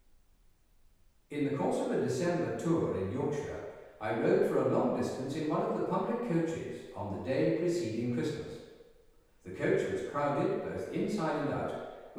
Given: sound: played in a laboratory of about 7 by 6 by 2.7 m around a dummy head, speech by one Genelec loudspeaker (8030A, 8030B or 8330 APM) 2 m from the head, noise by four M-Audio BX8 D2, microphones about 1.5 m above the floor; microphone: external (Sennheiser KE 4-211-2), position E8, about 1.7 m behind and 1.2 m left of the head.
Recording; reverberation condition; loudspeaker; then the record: male speech in English; high; 30 degrees to the left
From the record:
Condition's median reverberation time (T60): about 1300 ms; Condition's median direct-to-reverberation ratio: about -4.0 dB